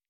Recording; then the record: hydrophone in a shrimp aquaculture tank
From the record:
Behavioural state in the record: starved